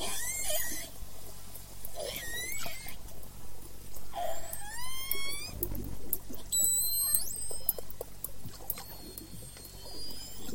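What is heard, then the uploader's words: Orcas of J pod call back and forth over a steady low rumble. Squealing, rising calls come roughly every couple of seconds, a long upsweeping one near the middle, followed by high, wavering whistles that hold toward the end. Underwater baby shower? Listen to J pod with new calf J59.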